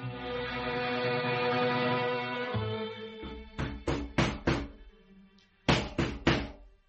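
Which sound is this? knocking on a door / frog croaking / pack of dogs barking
knocking on a door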